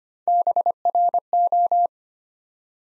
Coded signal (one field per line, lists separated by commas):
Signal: Morse code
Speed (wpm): 25 wpm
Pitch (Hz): 700 Hz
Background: none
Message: BRO